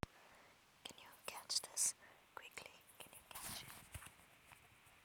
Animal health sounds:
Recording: mosquito flight sound by mobile phone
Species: Aedes sierrensis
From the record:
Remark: free flight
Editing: field recording with all noises

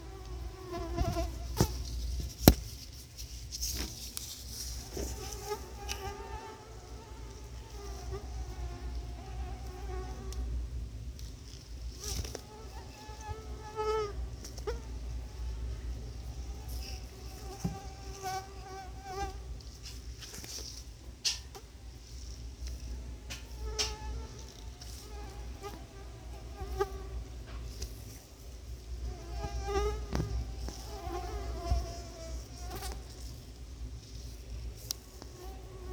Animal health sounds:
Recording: mosquito flight sound by mobile phone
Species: Anopheles quadrimaculatus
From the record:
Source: Auburn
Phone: Sony Xperia

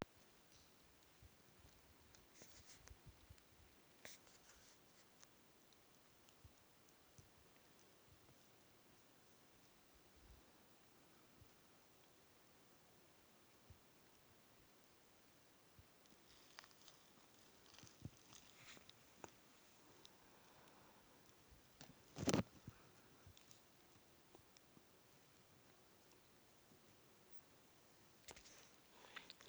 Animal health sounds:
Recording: mosquito flight sound by mobile phone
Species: Aedes sierrensis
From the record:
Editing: field recording with all noises

